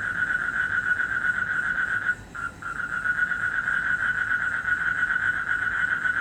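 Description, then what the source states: Frog calling in a long, steady trill of rapid pulses, briefly breaking off once partway through before resuming; faint background hiss. Recorded in Indonesia in 2012, during travel.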